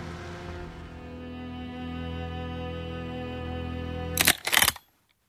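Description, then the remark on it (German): A car engine hums low and steady as the vehicle, driving without its lights, slowly pulls away at a driveway, then two short, harsh crackling bursts cut in before the sound stops abruptly. No one speaks. “Langsam fuhr der Wagen wieder an.”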